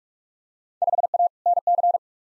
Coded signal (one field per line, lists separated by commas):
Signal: Morse code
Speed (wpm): 46 wpm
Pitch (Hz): 700 Hz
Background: none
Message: 5A NC